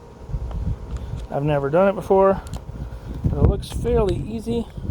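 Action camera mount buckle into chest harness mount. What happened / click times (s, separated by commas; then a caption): The plastic mount is being handled but has not yet clicked into the buckle / none. Someone talks while handling a plastic action-camera mount and the plastic buckle on the strap of a Sametop chest mount harness, with faint handling noises and brief taps. The mount has not yet been slid fully into the buckle; nothing has seated or clicked yet.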